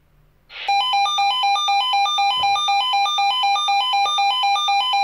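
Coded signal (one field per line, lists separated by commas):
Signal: pager alert tone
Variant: Swissphone Quattro XLSi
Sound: loud electronic two-tone warble alternating about every eighth second, continuous after a click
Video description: Monatliche Funktionsprobe eines analogen Swissphone Quattro XLSi Funkmeldeempfängers mit Alarmschaltung. Der Melder löst insgesamt 6 Schleifen mit Doppelton aus (Sirenenschleifen).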